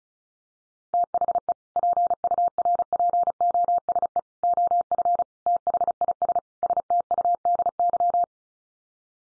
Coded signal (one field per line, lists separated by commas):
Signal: Morse code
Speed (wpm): 34 wpm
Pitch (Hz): 700 Hz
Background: none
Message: THE PURPOSE OF THIS STUDY